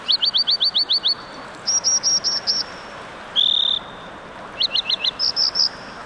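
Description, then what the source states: American dipper calls, high sharp zeet notes in rapid strings of three to eight, with one longer note midway, over constant rushing water. Calling across a rushing mountain stream, standing on rocks just beneath the rolling water.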